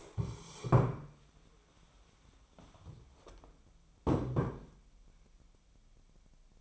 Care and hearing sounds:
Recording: daily activity, microphone in the room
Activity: stand up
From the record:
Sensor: 1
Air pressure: 1015.2 hPa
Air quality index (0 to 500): 188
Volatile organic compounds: 18 ppm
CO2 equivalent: 2628 ppm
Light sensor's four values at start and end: 12/29/12/13 and 9/22/9/11

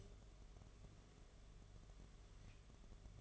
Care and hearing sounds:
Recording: daily activity, microphone in the room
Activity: take from stove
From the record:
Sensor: 4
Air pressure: 1011.2 hPa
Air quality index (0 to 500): 139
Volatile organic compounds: 3 ppm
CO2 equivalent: 1429 ppm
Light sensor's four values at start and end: 238/622/262/276 and 184/479/203/211

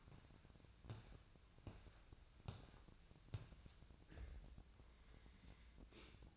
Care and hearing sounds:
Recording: daily activity, microphone in the room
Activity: walk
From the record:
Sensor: 2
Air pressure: 1012.0 hPa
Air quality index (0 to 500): 169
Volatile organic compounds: 2 ppm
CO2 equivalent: 1238 ppm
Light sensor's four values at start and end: 43/116/49/54 and 78/176/82/103

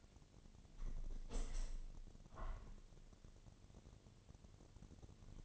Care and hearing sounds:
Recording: daily activity, microphone in the room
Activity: open window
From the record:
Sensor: 4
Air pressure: 1007.3 hPa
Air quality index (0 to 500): 192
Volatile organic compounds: 6 ppm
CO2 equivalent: 1914 ppm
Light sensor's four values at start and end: 23/73/28/27 and 23/73/28/27

